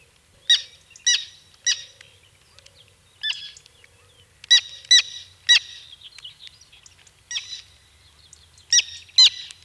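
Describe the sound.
Bird calls in harsh, buzzy notes delivered singly, in pairs and in short runs, with faint twittering filling the gaps.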